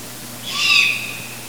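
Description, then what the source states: Long-eared owl young producing one high, breathy squeal that rises in strength and tails off within half a second, with low steady hum beneath. Juvenile.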